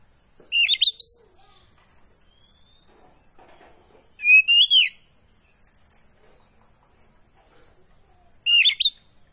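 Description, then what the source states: Oriental magpie-robin repeating a short rising whistled phrase three times, roughly every four seconds, with quiet gaps between. Kacer poci type, singing gacor (vigorously).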